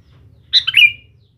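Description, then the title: Sooty-headed bulbul song: a single quick phrase of bubbly notes trailing into a drawn-out whistle, with a faint low hum. "Kutilang"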